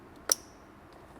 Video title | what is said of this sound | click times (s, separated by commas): The TEQSPORT FRS Gets New Headlights! | Got a nice solid click. | 0.3 s